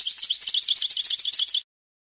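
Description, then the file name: European goldfinch singing a rapid, liquid twitter of high, jangling notes that runs for about one and a half seconds before cutting off. "audio burung goldfinch"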